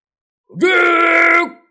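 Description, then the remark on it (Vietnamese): A man lets out a single sustained roaring cry, strained and harmonic-rich, rising sharply at the onset and holding steady for almost a second before cutting off. “Càng Luân rít gào một tiếng,”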